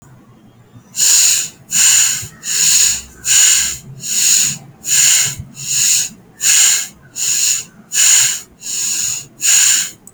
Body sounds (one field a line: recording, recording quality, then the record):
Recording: shallow breathing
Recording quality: excellent, no background noise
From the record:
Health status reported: healthy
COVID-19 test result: negative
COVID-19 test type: RT-PCR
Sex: male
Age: 23 years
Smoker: no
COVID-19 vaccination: one dose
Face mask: not worn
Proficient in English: yes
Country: India